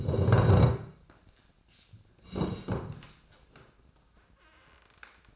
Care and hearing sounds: daily activity, microphone in the room; sit down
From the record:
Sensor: 2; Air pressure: 1012.1 hPa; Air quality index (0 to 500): 156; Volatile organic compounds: 2 ppm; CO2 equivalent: 1150 ppm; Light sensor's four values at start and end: 36/91/40/45 and 44/109/47/54

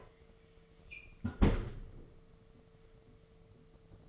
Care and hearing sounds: daily activity, microphone in the room; close fridge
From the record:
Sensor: 4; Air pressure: 1015.9 hPa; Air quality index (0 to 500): 192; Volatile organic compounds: 10 ppm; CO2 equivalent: 2211 ppm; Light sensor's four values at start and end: 13/29/13/14 and 18/42/18/19

